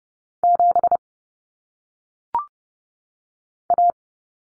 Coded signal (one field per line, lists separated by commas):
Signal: Morse code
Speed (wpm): 30 wpm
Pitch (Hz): 700 Hz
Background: none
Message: 7 A